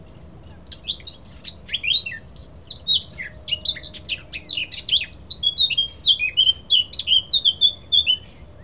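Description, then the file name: Eurasian blackcap with a lively, jumbled warble of high swooping and chattering notes, rich and continuous, ending in a string of similar repeated phrases. "Sylvia atricapilla"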